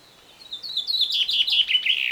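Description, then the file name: Common chaffinch song fragment: a short run of slightly descending chirped notes growing louder. "Fringilla coelebs"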